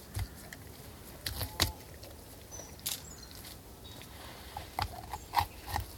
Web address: BBC. one dog exterior eating bones with some birdsong close perspective